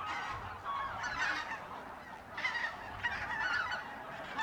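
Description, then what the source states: Goose: geese honking in a big flock, a continuous babble of nasal calls. Geese at the re-naturalised Polder Glies, Sellstedt, Germany, 9 November 2020; binaural ORTF pair of t.bone SC 140 microphones with Rycote windjammer, TASCAM DR100 MK3.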